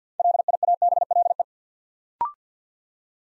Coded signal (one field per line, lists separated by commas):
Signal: Morse code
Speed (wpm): 50 wpm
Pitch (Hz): 700 Hz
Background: none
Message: LIABLE